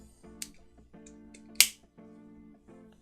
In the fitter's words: that was a satisfying click